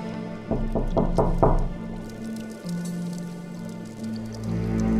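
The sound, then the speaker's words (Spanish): Soft knuckle knocks on a dressing-room door marked with a gold star, a quick run of about five evenly spaced muted raps, followed by a low, steady background hum. “Imponiéndose su curiosidad al resto de sensaciones, se puso frente al camerino, en cuya estrella dorada aparecía el nombre de Caterina, y llamó suavemente con los nudillos.”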